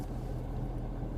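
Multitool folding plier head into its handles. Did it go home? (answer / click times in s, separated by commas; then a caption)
no / none. A multitool's plier head is being folded closed into its handles, its spring-loaded part moving toward position with little pressure. Only a steady low rumble is heard throughout, with no sharp sounds. Nothing has seated or clicked yet.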